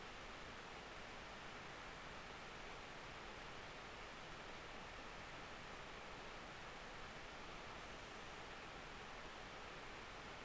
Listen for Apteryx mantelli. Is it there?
no